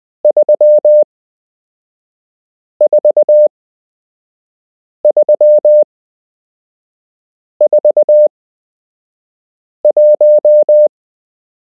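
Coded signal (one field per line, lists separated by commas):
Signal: Morse code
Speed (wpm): 20 wpm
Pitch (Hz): 600 Hz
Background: none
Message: 34341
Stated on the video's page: Beginner Morse code lesson from a structured course, part 7 of 8.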